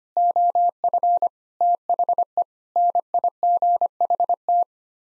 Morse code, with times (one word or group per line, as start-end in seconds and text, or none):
0.2-1.3 OF
1.6-2.4 THE
2.8-4.6 NIGHT